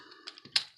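Plastic leg panels on a Transformers War for Cybertron Siege Springer action figure are brought down during transformation until they tab into place in the figure's leg. Light plastic taps come at about 0.3, 0.4 and 0.5 seconds, followed by a loud, sharp click at 0.6 seconds as the tab seats.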